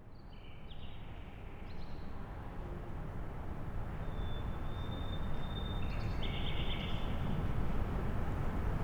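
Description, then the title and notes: Nightingale song: stuttering note clusters, a long pure whistle held for about two seconds, then a fast trill, all above a low, rising background rumble. Night, among blocks of flats in Siemianowice Śląskie, Poland, Monday 20 May 2019; song echoing between buildings; recorded on a Zoom H5 with an Audio-Technica BP4025. "Jana Pawła II 20C, 41-106 Siemianowice Śląskie, Polska - Nightingale amidst blocks of flats. Poniedziałek, 20 maja 2019. Noc. Echo słowika wśród bloków. Monday, May 20th 2019. Nighttime. Nightingale echoing amidst blocks of flats. Field recordings of Siemianowice Śląskie - City Soundscape"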